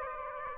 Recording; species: mosquito wingbeat signal from an infrared sensor; Aedes aegypti